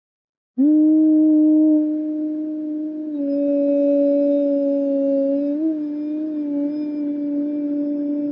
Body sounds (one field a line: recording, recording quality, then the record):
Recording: sustained vowel as in boot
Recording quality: excellent, no background noise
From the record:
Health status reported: COVID-19 positive, mild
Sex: male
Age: 24 years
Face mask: not worn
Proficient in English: yes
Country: India